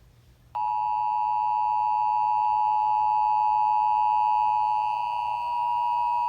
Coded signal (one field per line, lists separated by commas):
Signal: Emergency Alert System (SAME) tones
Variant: 853 and 960 Hz attention tone